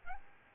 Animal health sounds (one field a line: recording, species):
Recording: mosquito wingbeat signal from an infrared sensor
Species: Aedes albopictus